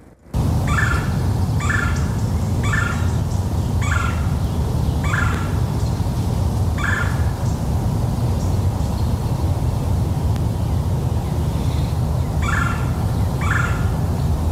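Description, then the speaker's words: Red-bellied woodpecker calling a series of short, rolling, harsh notes about once a second, a pause, then more, over a loud constant low rumble. Recorded in the Twin Cities area. "And then we're going to lead out here with a call from a red-bellied woodpecker. And that was recorded by Michael Urban in the Twin Cities area."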